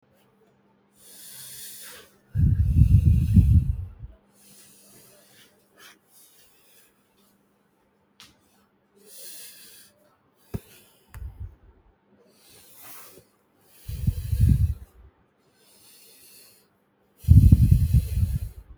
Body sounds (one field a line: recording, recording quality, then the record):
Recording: deep breathing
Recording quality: excellent, no background noise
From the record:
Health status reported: healthy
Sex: female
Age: 30 years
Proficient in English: yes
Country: India